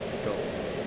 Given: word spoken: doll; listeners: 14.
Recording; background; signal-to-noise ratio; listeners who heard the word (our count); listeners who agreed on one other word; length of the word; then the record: one English word in noise, from a listening test; speech-shaped noise; -4.2 dB; 0 of 14; 6 of 14; 0.47 s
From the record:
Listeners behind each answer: 6, 2, 1, 1, 1, 1, 1, 1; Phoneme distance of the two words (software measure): 10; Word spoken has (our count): 1 syllable, 3 phonemes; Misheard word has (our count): 1 syllable, 3 phonemes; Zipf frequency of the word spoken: 4.07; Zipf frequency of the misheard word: 5.17